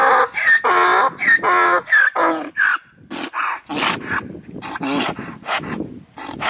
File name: Tieng lua keu